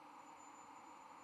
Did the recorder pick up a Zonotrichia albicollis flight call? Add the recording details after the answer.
no. No flight call is heard. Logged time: 04:38 on 13 November 2014